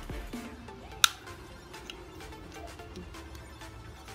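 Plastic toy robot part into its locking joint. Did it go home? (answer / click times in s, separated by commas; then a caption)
yes / 1.0 s. During the mammoth-to-robot transformation, a plastic part of a toy robot is moved into its locking joint and locks into place with a single sharp, bright click at 1.0 s. A few much fainter ticks follow over a low steady background, and the locking mechanism holds the part in place.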